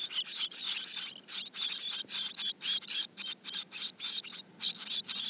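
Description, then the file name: Eurasian blue tit giving harsh, buzzy churring bursts, high-pitched and noisy, repeated rapidly in an uneven rhythm with short gaps between them. "Cyanistes caeruleus"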